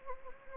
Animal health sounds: mosquito wingbeat signal from an infrared sensor; Anopheles gambiae

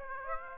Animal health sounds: mosquito wingbeat signal from an infrared sensor; Aedes aegypti

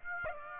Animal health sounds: mosquito wingbeat signal from an infrared sensor; Aedes aegypti

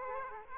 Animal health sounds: mosquito wingbeat signal from an infrared sensor; Aedes aegypti

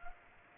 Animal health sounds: mosquito wingbeat signal from an infrared sensor; Culex pipiens

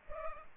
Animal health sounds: mosquito wingbeat signal from an infrared sensor; Culex pipiens

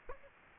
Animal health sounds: mosquito wingbeat signal from an infrared sensor; Aedes aegypti

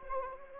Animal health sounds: mosquito wingbeat signal from an infrared sensor; Anopheles arabiensis

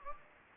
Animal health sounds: mosquito wingbeat signal from an infrared sensor; Anopheles gambiae

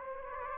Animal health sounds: mosquito wingbeat signal from an infrared sensor; Anopheles gambiae

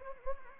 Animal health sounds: mosquito wingbeat signal from an infrared sensor; Anopheles gambiae

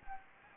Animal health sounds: mosquito wingbeat signal from an infrared sensor; Anopheles gambiae

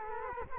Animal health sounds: mosquito wingbeat signal from an infrared sensor; Culex quinquefasciatus

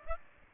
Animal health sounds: mosquito wingbeat signal from an infrared sensor; Aedes aegypti

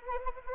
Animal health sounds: mosquito wingbeat signal from an infrared sensor; Anopheles arabiensis

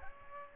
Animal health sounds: mosquito wingbeat signal from an infrared sensor; Aedes aegypti

